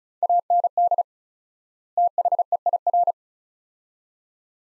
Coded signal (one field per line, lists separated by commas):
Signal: Morse code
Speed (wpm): 36 wpm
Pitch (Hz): 700 Hz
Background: none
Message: AND THEIR